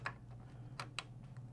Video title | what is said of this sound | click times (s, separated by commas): Juki NA-11/ NA-11UT Complete Setup Tutorial - Industrial Sewing Machine Assembly Step by Step | Once you hear it click into place, you can leave that there, and you can grab another zip tie and | 1.0 s